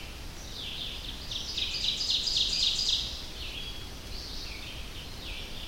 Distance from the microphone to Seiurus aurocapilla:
about 30 m